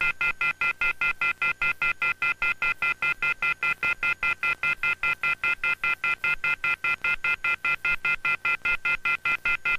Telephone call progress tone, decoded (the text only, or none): off-hook warning tone